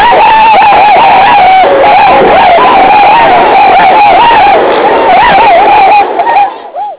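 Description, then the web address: Birds calling as a flock, a dense clamour of wavering calls overlapping continuously, fading out at the end. "Audubon calls"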